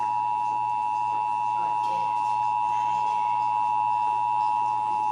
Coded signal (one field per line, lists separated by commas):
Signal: Emergency Alert System (SAME) tones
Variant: 853 and 960 Hz attention tone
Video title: (EAS #298-303) November 2022 Texas Required Monthly Test